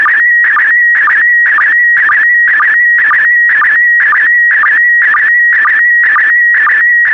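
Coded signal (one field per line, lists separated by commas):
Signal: SSTV (slow-scan television)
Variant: PD120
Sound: steady warbling high tone with quick low blips about twice a second, buzzy bursts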